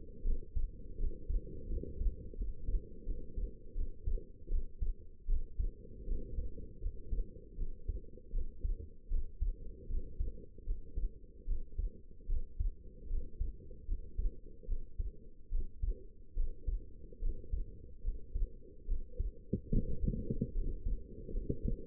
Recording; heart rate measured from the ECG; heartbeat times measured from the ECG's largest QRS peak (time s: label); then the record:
heart sounds by stethoscope; 77 bpm
0.23 s: heartbeat
0.97 s: heartbeat
1.68 s: heartbeat
2.36 s: heartbeat
3.05 s: heartbeat
3.74 s: heartbeat
4.49 s: heartbeat
5.27 s: heartbeat
6.05 s: heartbeat
6.80 s: heartbeat
7.56 s: heartbeat
8.31 s: heartbeat
9.09 s: heartbeat
9.88 s: heartbeat
10.65 s: heartbeat
11.46 s: heartbeat
12.27 s: heartbeat
13.08 s: heartbeat
13.86 s: heartbeat
14.66 s: heartbeat
15.50 s: heartbeat
16.34 s: heartbeat
17.20 s: heartbeat
18.02 s: heartbeat
18.86 s: heartbeat
19.70 s: heartbeat
20.53 s: heartbeat
21.31 s: heartbeat
From the record:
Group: healthy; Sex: female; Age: 19 years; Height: 163 cm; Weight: 51 kg